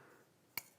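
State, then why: Seated. An oiled piston valve is slid back down into its brass instrument valve casing and rotated clockwise, so as not to loosen the valve's removable parts, which come off by turning counterclockwise. After a quiet stretch, a single short, sharp click is heard at 0.6 s. The valve guide drops into the casing groove and the valve is seated.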